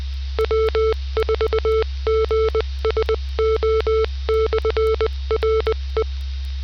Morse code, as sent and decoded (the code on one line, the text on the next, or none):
.-- ....- --. ... --- -..-. .-. .
W4GSO/RE